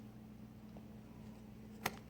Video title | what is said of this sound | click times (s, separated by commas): Flow Motion Activated Kitchen Faucet - Installation and Review | there we go locks into place and that's what stops | 1.9 s